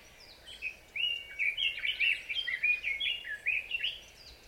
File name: red billed leiothrix